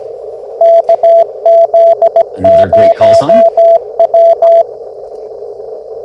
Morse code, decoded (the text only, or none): KZ0W